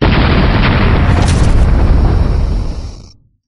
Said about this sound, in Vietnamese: Ngay sau đó, chợt nghe năm âm thanh vang lên như sấm rền truyền đến.